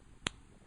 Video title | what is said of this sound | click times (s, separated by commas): Fitbit One detailed analytical Review & Summary | clicks if you don't hear the click it's definitely not in right | 0.3 s